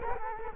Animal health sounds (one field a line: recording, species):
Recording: mosquito wingbeat signal from an infrared sensor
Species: Culex quinquefasciatus